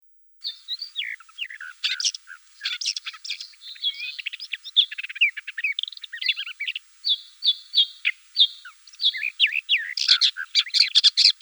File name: Sorokoput krasnogolovyj